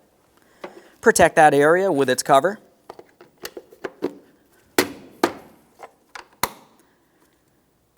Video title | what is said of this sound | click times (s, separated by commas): How to Replace Left Rear Lower Forward Control Arm 1992-1996 Toyota Camry | let's reattach our 15 amp fuse into the original position we'll press it in listen for a click | 0.6 s